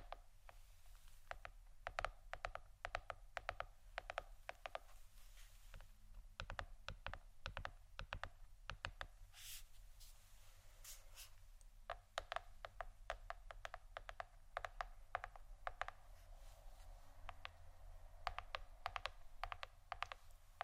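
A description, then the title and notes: Pure tapping: sharp, bright clicks in quick irregular bursts and clusters throughout, over a steady low rumble, with brief pauses between runs. ASMR Pure Tapping （No Talking）.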